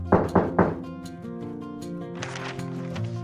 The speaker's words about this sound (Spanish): Espero que llamen a mi puerta.